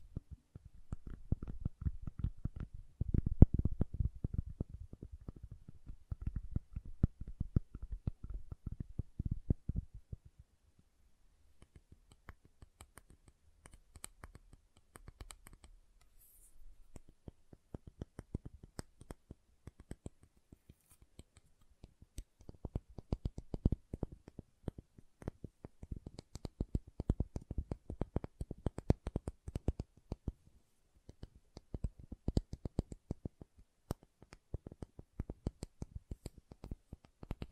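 Soap is tapped and carved in dense runs of soft, low thuds and scraping clicks, busiest in the first ten seconds and again from about 23 seconds on. Between roughly 11 and 22 seconds it turns sparse, with light crisp ticks and a faint low hum.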